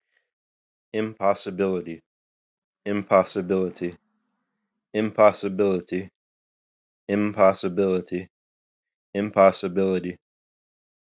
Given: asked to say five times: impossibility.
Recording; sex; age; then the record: repeated word; male; 30 to 39 years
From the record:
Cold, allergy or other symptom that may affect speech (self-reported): no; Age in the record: 36 years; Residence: New York, United States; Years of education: 14